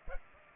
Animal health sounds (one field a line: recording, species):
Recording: mosquito wingbeat signal from an infrared sensor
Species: Culex pipiens